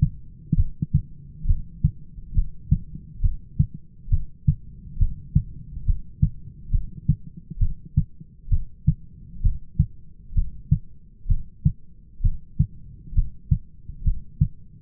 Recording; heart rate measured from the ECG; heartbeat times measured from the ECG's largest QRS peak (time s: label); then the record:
heart sounds by stethoscope; 67 bpm
0.58 s: heartbeat
1.48 s: heartbeat
2.36 s: heartbeat
3.23 s: heartbeat
4.12 s: heartbeat
5.00 s: heartbeat
5.87 s: heartbeat
6.73 s: heartbeat
7.61 s: heartbeat
8.51 s: heartbeat
9.44 s: heartbeat
10.36 s: heartbeat
11.29 s: heartbeat
12.24 s: heartbeat
13.16 s: heartbeat
14.05 s: heartbeat
From the record:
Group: heart failure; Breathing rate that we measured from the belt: 16 breaths a minute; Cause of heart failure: idiopathic cardiomyopathy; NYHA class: 1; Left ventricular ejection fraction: 50%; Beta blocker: bisoprolol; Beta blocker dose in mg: 5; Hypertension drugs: candesartan, spironolactone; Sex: male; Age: 54 years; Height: 180 cm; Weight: 94.6 kg